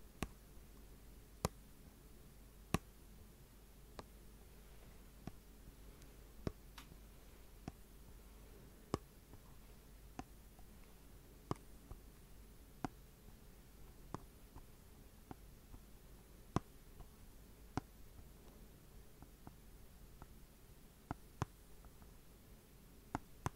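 Slow tapping sounds as sharp, isolated clicks, spaced irregularly about once every one to two seconds, some louder than others. Between taps there is a quiet, steady low hum and faint hiss, with occasional soft rustling.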